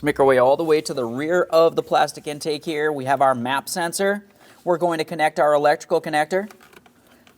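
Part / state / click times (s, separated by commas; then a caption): electrical connector onto MAP sensor / seated / 7.3 s. On a 2015-2025 Ford Transit 250, an electrical connector is lined up and pressed onto the MAP sensor at the rear of the plastic intake while someone talks. Small taps are heard near 6.8 s and 6.9 s, and the connector clicks in at 7.3 s. It is seated and secured.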